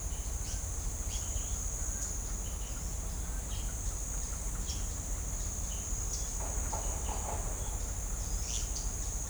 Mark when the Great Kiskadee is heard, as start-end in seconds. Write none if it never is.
none